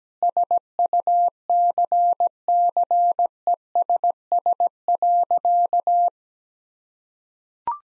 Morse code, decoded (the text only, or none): SUCCESS.